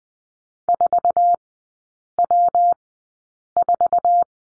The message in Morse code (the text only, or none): 4W4